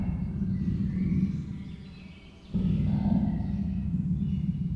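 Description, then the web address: Persian leopard making two long, low, grating rumbles separated by a brief pause. Captive female Persian leopard near the microphone, in a duet, at a zoo in Miskolc, Hungary, recorded in 2018. "miskolcizoo 2018 perzsa leopard"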